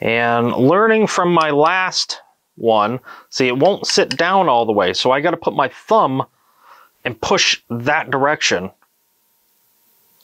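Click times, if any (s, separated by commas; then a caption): none. A man talks while handling the tool-less quick latch that holds an NVMe SSD in an ASUS TUF NVMe/SATA external enclosure; the drive won't sit down all the way, so he pushes the latch with his thumb. Nothing has seated or clicked yet by the end of the clip.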